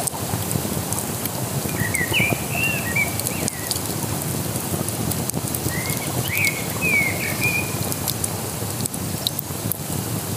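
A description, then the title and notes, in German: Water and a crackling fire make a dense, steady rushing hiss with sharp pops scattered throughout. Bird chirps rise above it in two bright bursts, around two to three seconds in and again from about six to eight seconds. Lagerfeuer an der Isar.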